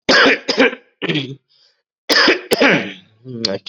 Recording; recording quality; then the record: heavy voluntary cough; moderate, slight background noise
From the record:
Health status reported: COVID-19 positive, mild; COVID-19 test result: positive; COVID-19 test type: RT-PCR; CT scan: not taken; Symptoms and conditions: cough, fever, muscle pain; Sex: male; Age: 50 years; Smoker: no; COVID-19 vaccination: both doses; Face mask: not worn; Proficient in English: no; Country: India